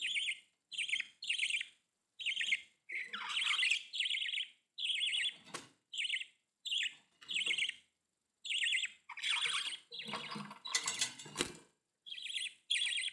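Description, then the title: Budgerigar chirping calls, buzzy chirps repeated about once a second, with a few scratchier rattles and some rustling or flapping between them. "Budgie Sounds"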